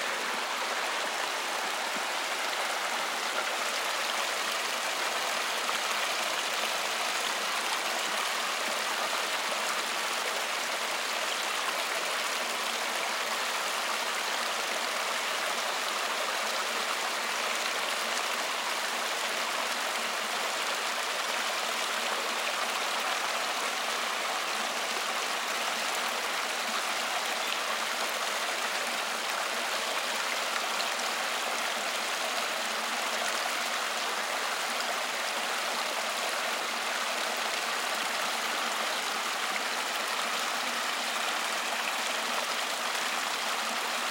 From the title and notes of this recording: Rushing Stream in California. A rushing stream that emulates white noise. As the snow melts in a snow-capped mountain in Southern California, the stream bustles through the canyon, creating a serious sound.